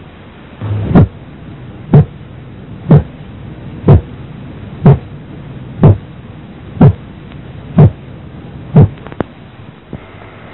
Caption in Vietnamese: Bệnh lý làm thất phải và thất trái co không đồng bộ, các van tổ chim đóng không cùng một lúc tạo nên tiếng T2 tách đôi. Bắt đầu nghe thấy tách đôi khi chúng cách nhau 2% giây và nghe rõ khi 8% giây tiếng tách đôi 2% giây.